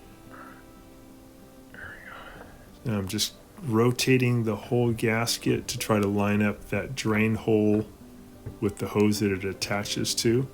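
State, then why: Not seated. A rubber door boot gasket on the plastic tub of an LG washer is rotated by hand to line up its drain hole with the drain hose it attaches to, before that connection is made. Faint handling and rubbing sounds are heard, with a brief bump at 1.7 s, while someone talks. Nothing has seated or clicked yet.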